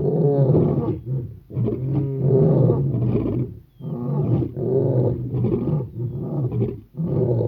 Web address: lion groans